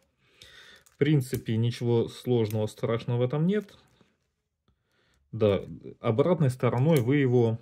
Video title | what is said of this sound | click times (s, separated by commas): Как менять лезвия на бритве. | опять жмём и отстреливается | 0.4 s